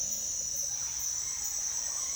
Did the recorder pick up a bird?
no